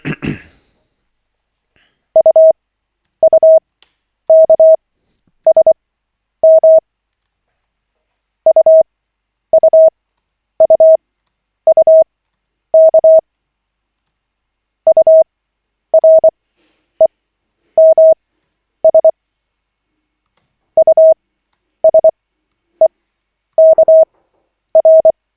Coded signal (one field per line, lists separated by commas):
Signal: Morse code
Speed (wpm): 24 wpm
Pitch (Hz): 640 Hz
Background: none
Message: UUKSM UUUUK UREMS USEKR